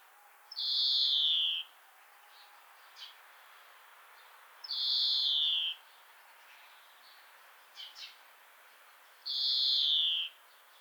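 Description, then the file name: European greenfinch repeating a drawn-out nasal wheeze that falls in pitch, about every four seconds, with faint other notes between. "Chloris chloris"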